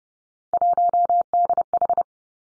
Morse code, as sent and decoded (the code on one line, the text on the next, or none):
.---- -.. ....
1DH